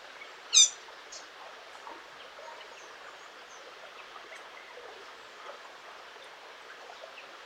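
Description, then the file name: Eurasian blackcap making one loud, abrupt tac click near the start, then quiet hiss with faint bird notes. "Sylvia atricapilla"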